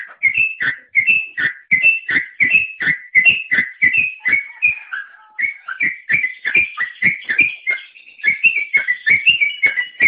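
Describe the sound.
Bird singing continuously, quick whistled phrases of slurred notes repeated steadily without pause, bright and lively throughout.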